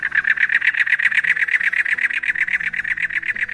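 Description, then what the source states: Cactus wren song: a harsh, rasping chug repeated rapidly and steadily, like an engine turning over. Song described as sounding like a car trying to start up.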